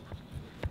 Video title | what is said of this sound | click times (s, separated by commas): Here's Why Mechanics Hate Hondas | You heard it click? | 0.6 s